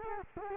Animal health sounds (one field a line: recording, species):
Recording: mosquito wingbeat signal from an infrared sensor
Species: Culex quinquefasciatus